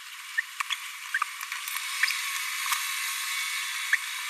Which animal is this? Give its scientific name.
Forpus passerinus